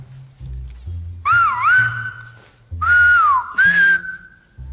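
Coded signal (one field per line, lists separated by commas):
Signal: whistled language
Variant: Silbo Gomero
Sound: two sustained gliding whistles, pitch dipping and rising, over low background rumble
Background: low hum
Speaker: Today, you will do your first word in the whistling language, which is mamá.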